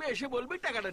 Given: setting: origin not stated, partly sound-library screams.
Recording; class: one-second piece from a danger detection set; normal situation